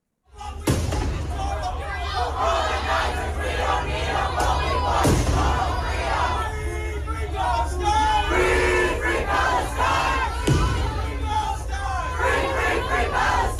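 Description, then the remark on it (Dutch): Hundreds of people protesting the war in Gaza at a tent camp on a university campus in Los Angeles, entered by police, shout and chant continuously, many voices overlapping loudly, punctuated by a few sharp bangs or thuds around the middle and later on. “Honderden mensen demonstreren daar tegen de oorlog in Gaza.”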